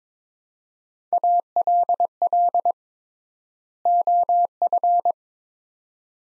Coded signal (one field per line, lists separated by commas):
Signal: Morse code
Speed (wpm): 22 wpm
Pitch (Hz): 700 Hz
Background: none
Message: ALL OF